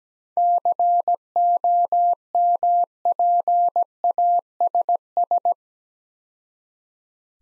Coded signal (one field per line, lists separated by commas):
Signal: Morse code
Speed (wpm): 21 wpm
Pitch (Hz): 700 Hz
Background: none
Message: COMPASS